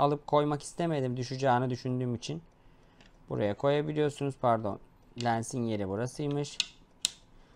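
Someone talks while placing a small wide-angle clip-on accessory lens into its slot in a camera carrying case. The lens snaps against the magnetic holder with one sharp click at 7.1 s and is seated, held in place by the magnet so it won't fall out.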